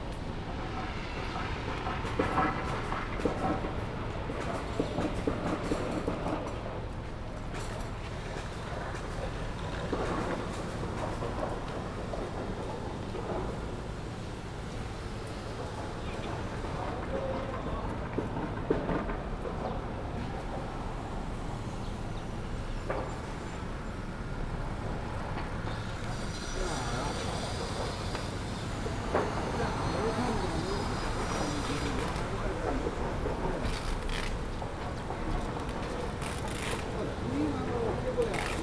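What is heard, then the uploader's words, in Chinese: Street sound at Peking University's south gate: a steady rumble of passing traffic, with voices chattering throughout and brighter bursts of vehicles near 27 and 35 seconds. 仿佛在北大南门等人｜城市声音。气温在1度左右。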